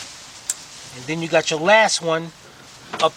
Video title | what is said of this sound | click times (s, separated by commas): Ford Explorer Exterior Door Handle Base Reinforcement Replacement 2011-2019 | till it clicks | 0.5 s